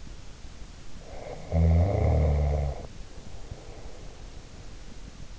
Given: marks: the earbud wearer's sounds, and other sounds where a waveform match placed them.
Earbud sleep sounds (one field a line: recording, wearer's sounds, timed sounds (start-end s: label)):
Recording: sounds in sleep by an in-ear microphone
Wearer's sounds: snoring breath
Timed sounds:
0.96-4.39 s: snoring breath